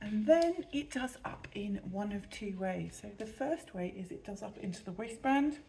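A soft Neko Tiny baby carrier's strap is being handled, brought round to the front toward the buckle on the waistband, where its plastic buckle fastens. A woman talks throughout, and no distinct click is heard. Nothing has seated or clicked yet.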